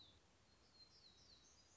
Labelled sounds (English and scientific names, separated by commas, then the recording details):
Black-throated Gray Warbler (Setophaga nigrescens)
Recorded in Sonoma County, California